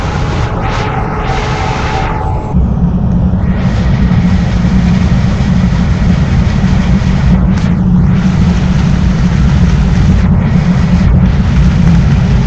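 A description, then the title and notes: A hydrophone picks up a dense, steady engine-like rumble, thin tones fading out and the low drone growing louder after two seconds. Sound clips from the Lime Kiln Hydrophone.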